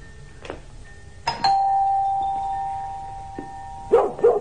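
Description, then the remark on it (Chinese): A doorbell at the iron gate of an upscale residence chimes and its bright tone rings out for a couple of seconds, then two quick, sharp barks from a fierce dog inside break in at the end, with no one talking. “哇，喂，哇，原来内有恶犬。”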